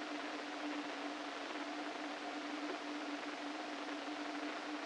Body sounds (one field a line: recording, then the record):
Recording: brain microelectrode recording played as sound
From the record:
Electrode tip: inside the subthalamic nucleus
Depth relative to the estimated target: -4 mm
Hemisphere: right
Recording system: NeuroSet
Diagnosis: Parkinson's disease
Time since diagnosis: 13 years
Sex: male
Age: 49 years